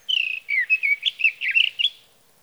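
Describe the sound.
Sage thrasher song, a hurried stream of warbled, slurred whistles and burry notes running on for about two seconds.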